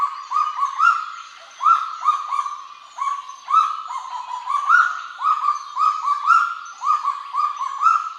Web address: sound Kagu. صدای-پرنده-کاگو